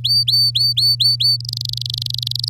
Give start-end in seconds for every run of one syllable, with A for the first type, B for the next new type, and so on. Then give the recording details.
0.04-1.37 A, 1.40-2.49 B. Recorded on 8 May 2018 at 11:50. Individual llb16